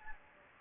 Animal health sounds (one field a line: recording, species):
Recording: mosquito wingbeat signal from an infrared sensor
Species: Anopheles gambiae